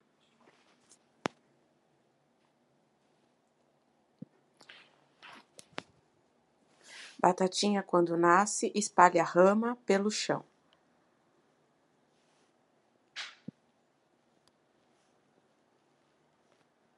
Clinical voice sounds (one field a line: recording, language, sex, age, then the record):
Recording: short text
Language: Brazilian Portuguese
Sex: female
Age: 40 to 49 years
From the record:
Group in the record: control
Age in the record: 45 years